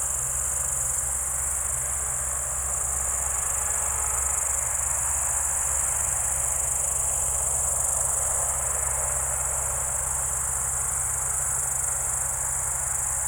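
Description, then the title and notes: Crickets in a continuous shrill chorus over a persistent deep engine hum. Evening crickets at Spalona Pass, Bystrzyckie Mountains, Poland, 18 July 2024 around 19:00; old tractor mowing grass in the village below in background. "Spalona 6, 57-516, Polska - Spalona Pass - crickets and haymaking. Przełęcz Spalona w Górach Bystrzyckich. wieczorne świerszcze"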